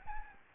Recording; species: mosquito wingbeat signal from an infrared sensor; Aedes albopictus